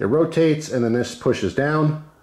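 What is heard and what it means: Someone talks while handling the bi-directional pocket-clip sleeve on a small metal AA ACEBEAM Rider RX pocket flashlight, rotating it and then starting to push it down along the body to expose the head. Only speech is heard. Nothing has seated or clicked yet.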